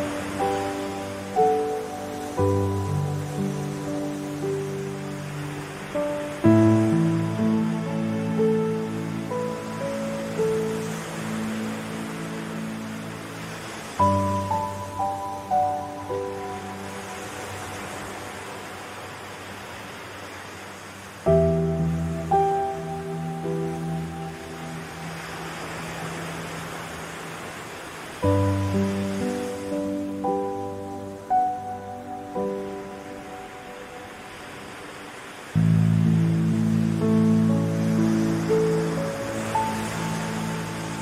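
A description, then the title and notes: Slow, gentle piano plays sustained chords with soft melody notes, changing harmony roughly every seven seconds with fresh swells at about 6, 14, 21, 28 and 35 seconds. A steady hiss of ocean waves washes underneath throughout, low and even. Soothing Piano Music with Ocean Waves.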